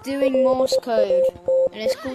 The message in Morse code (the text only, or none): LATE